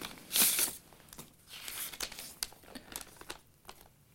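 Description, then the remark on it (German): Paper rustles and crinkles as a letter with a key inside is pulled open and unfolded, starting with a loud tearing burst and continuing in a series of soft, irregular crackles with no voices. “Soll ich Ihnen den Brief vorlesen?”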